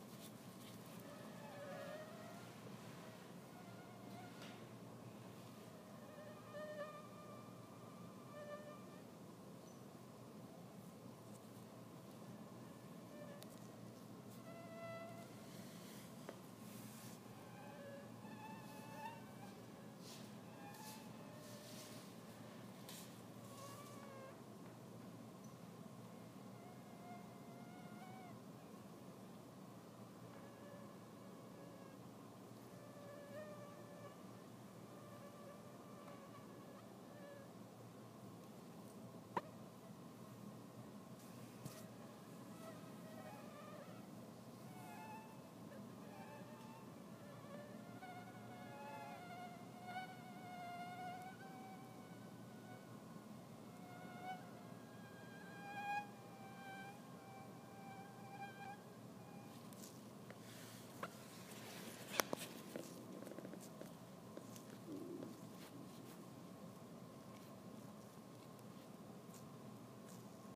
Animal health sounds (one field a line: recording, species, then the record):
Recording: mosquito flight sound by mobile phone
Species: Anopheles minimus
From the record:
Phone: iPhone 6